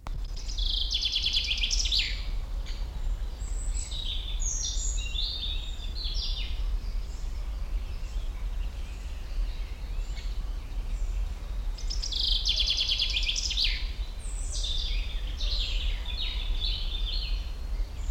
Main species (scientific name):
Fringilla coelebs